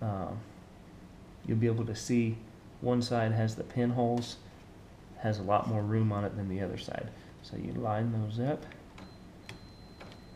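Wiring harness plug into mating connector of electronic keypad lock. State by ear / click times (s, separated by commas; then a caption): seated / 9.5 s. Someone talks while the two plastic halves of a Schlage electronic keypad lock's wiring harness connector are lined up by their pin holes and pushed together. The plug clicks into its mating connector at 9.5 s and is seated.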